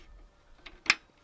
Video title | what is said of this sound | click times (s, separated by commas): Power Your Home and RV With The Vevor 2500 Pure Sine Wave Inverter! | go on easily. There's a good solid click. | 0.9 s